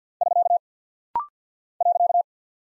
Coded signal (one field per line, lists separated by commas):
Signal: Morse code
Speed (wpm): 50 wpm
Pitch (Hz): 700 Hz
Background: none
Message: <SK> .